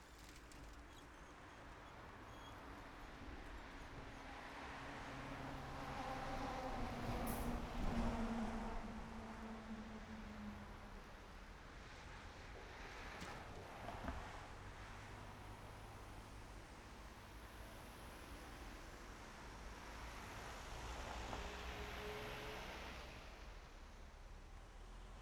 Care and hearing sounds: everyday scene through a hearing-aid microphone; in traffic; traffic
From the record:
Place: main road on the outskirts, rush hour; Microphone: behind the ear, right, front

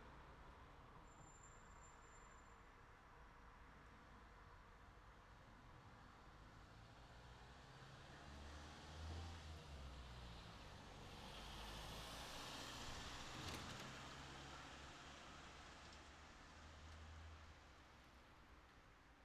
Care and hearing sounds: everyday scene through a hearing-aid microphone; in traffic; traffic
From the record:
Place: city secondary road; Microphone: in the ear canal, left

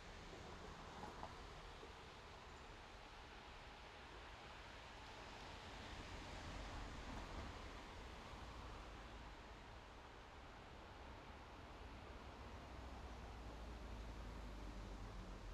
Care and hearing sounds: everyday scene through a hearing-aid microphone; in traffic; traffic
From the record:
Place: main road on the outskirts, rush hour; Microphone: in the ear canal, left

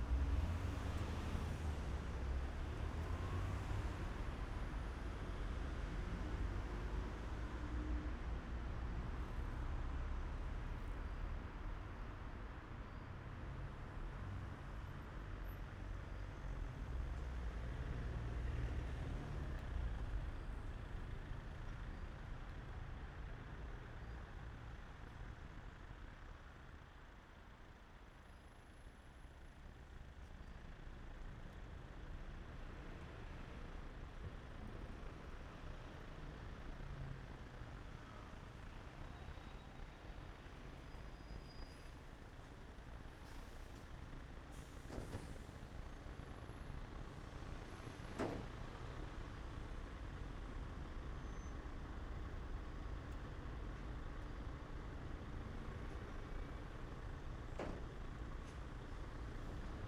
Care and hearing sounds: everyday scene through a hearing-aid microphone; in traffic; traffic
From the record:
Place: main city hub, rush hour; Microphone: behind the ear, right, front

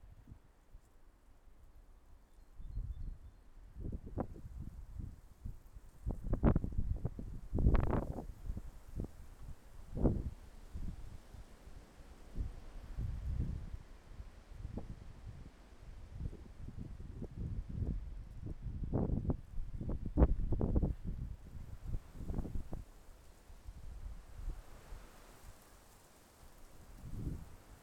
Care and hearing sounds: everyday scene through a hearing-aid microphone; wind on the microphone; wind, traffic, birds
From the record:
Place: suburban garden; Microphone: behind the ear, left, front

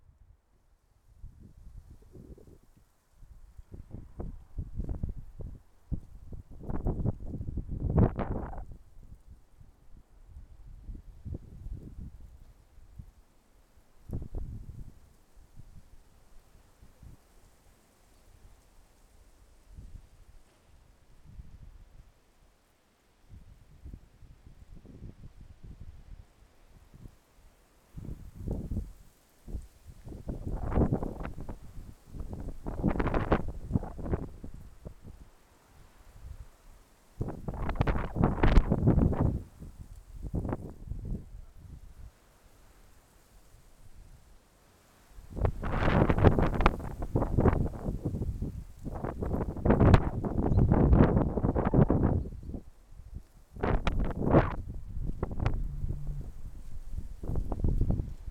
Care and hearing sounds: everyday scene through a hearing-aid microphone; wind on the microphone; wind, traffic, birds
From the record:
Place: suburban garden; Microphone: behind the ear, left, front

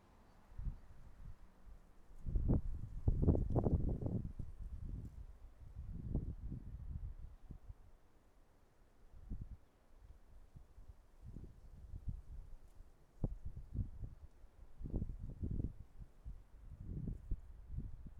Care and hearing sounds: everyday scene through a hearing-aid microphone; wind on the microphone; wind, traffic, birds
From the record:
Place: suburban garden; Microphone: behind the ear, right, front

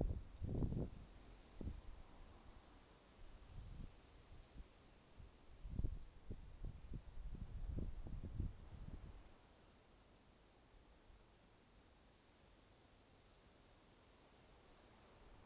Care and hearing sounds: everyday scene through a hearing-aid microphone; wind on the microphone; wind, traffic, birds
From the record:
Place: suburban garden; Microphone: in the ear canal, right

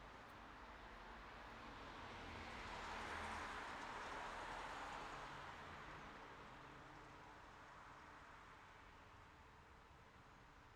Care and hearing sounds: everyday scene through a hearing-aid microphone; in traffic; traffic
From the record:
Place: city secondary road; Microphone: in the ear canal, left

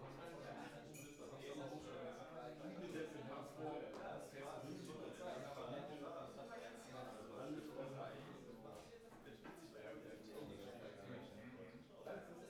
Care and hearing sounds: everyday scene through a hearing-aid microphone; many people talking; many voices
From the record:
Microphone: behind the ear, right, front

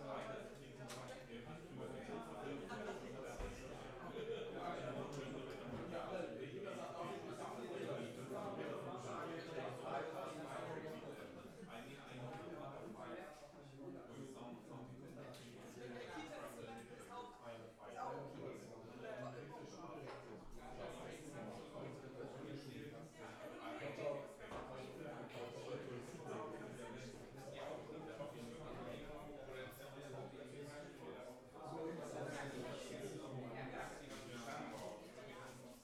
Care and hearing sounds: everyday scene through a hearing-aid microphone; many people talking; many voices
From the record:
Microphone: behind the ear, left, rear

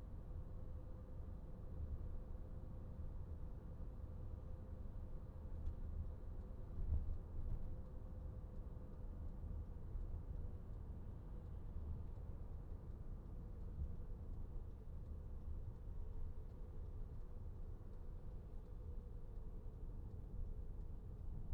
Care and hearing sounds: everyday scene through a hearing-aid microphone; in a vehicle; engine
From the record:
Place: VW T5 Caravelle, diesel engine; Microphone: behind the ear, right, front

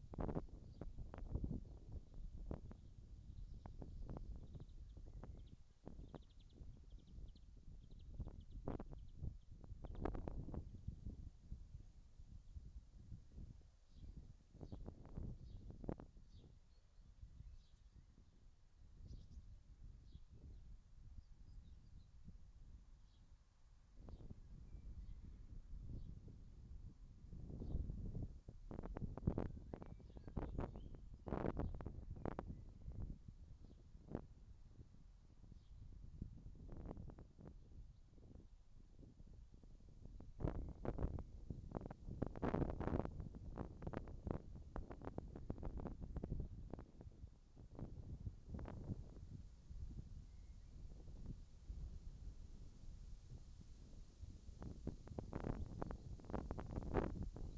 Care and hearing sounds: everyday scene through a hearing-aid microphone; wind on the microphone; wind, whistling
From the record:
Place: in front of a rural house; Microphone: in the ear canal, left

